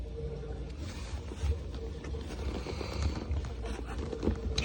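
A removable part of a plastic 1/6 scale action figure is pushed into its socket over a steady low rumble with faint, scattered handling noises. A sharp click at 4.6 seconds marks the part snapping into place, seated.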